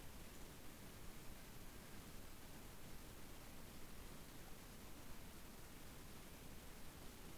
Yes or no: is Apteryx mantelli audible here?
no